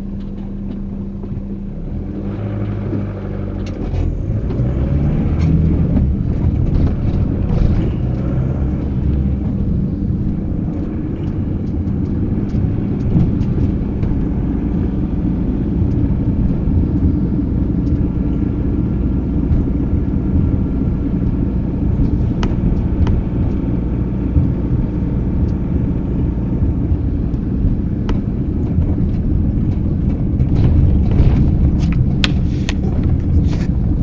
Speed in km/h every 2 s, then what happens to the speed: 0, 14, 20, 26, 31, 35, 38, 38, 38, 39, 38, 38, 38, 35, 31, 28, 26.
0-12 pulls away to 38. 12-24 steady at about 38. 24-34 slows to 26.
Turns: none.